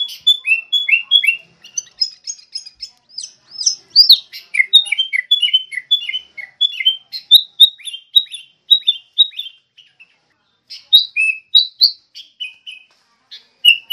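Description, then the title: Sooty-headed bulbul giving long bubbly phrases of rapid whistled and chirped notes, a brief pause, then the chatter resumes. "kutilang_biasa"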